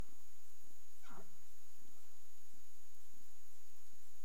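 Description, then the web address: Humpback whale call: one clear downward sweep dropping from high to low pitch, with faint low grunts around it and a constant background hiss. Recorded in the Caribbean on 30 April 2035 at 03:23 UTC. "CARIMAM clean data humpback whale"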